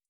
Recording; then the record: hydrophone in a shrimp aquaculture tank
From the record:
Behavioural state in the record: starved